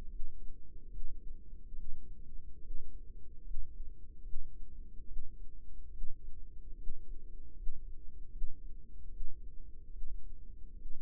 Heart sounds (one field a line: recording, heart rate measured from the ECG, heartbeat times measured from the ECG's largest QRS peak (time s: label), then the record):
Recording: heart sounds by microphone in the right ear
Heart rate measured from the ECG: 73 bpm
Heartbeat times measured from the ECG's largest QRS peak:
0.06 s: heartbeat
0.87 s: heartbeat
1.71 s: heartbeat
2.57 s: heartbeat
3.39 s: heartbeat
4.20 s: heartbeat
5.03 s: heartbeat
5.88 s: heartbeat
6.73 s: heartbeat
7.52 s: heartbeat
8.27 s: heartbeat
9.07 s: heartbeat
9.88 s: heartbeat
10.72 s: heartbeat
From the record:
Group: healthy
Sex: female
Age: 22 years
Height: 171 cm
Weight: 65.6 kg